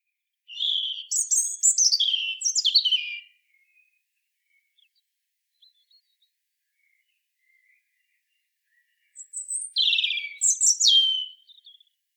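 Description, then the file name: European robin delivering two high, tinkling song phrases of fast twittering and falling trills, separated by several quiet seconds. "Erithacus rubecula"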